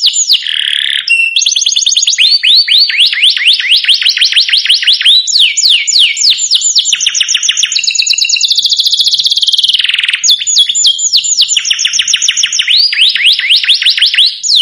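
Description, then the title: Domestic canary song: unbroken, loud series of rapid descending slurred notes and buzzy trills, changing tempo every few seconds without pause. Song played to excite Belgian canaries into singing back at once. "Canto Para Esquentar Canário Belga. Suara Kenari Bikin Emosi & Langsung Nyaut"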